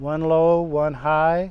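A bobbin is being handled for fitting into a Bernina 7 series sewing machine's rotary hook bobbin holder, pressed with both thumbs at opposite positions, one low and one high. Only someone talking is heard. The bobbin has not seated or clicked yet.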